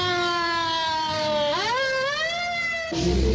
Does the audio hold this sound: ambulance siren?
yes